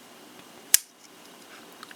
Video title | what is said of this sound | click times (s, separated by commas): My First Look At Buck 389 Canoe Pocket Knife | You hear that nice snap right there. | 0.7 s